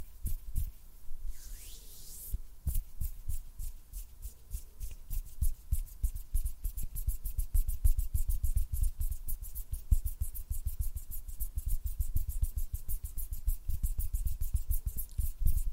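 Close-up finger fluttering and hand sounds: a rapid, fairly regular stream of soft thumps and light taps, dense and steady for most of the clip. Near the start, around one to two seconds, a brief rising swish stands out before the tapping settles in.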